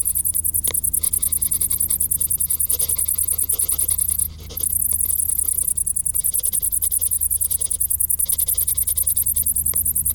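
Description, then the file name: Cricket chirping, rapid shrill pulses running continuously over a low background hum, with one brief gap midway. "Grillen"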